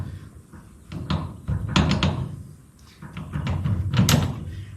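A steel PTO driveline yoke with a new U-joint is pushed onto the splined PTO output stub of a Ford 4000 tractor, and its spring-loaded locking button is pushed aside. Several clunks and knocks come from the yoke at about 1.1, 1.8, 1.9 and 2.0 seconds. The button then snaps into the groove with a sharp click at 4.1 seconds, and the yoke is seated.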